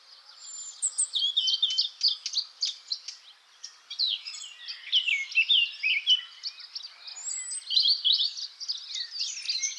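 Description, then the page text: Eurasian blackcap song: hurried twittering warble of mixed scratchy and whistled notes, rising and falling in loudness over a soft background hiss. "Christoph Bock - Славка-черноголовка (Sylvia atricapilla)"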